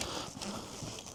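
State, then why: Not seated. A tent clip is handled as it is fastened onto the ridge pole of a cot tent, with the pole fitted into its sleeve. Soft rustling and light knocks are heard around 0.0, 0.4 and 1.2 seconds. Nothing has seated or clicked yet.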